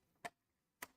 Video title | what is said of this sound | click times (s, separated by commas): Bambu Lab X1C Heated Bed Repair (Getting Ready For Upgrades!) | oh jeez okay yeah it kind of snaps into place and then we're going from the inside down | 0.3 s, 0.8 s